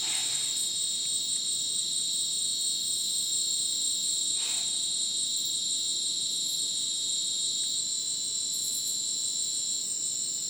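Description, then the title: Crickets keep up a dense high-pitched trilling chorus, with a brief soft rustle near four and a half seconds and scattered pulsing chirps above. Madidi National Park, Ucumari, Bolivia; dense rainforest just after sunset; very dense insect chorus likened to polyrhythmic electronic music; AT BP4029 microphone, MixPre 6 recorder. "Madidi National Park, Ucumari, Bolivia - Supersonic Crickets in the rainforest"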